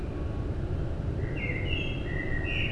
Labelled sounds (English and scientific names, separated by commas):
Common Blackbird (Turdus merula)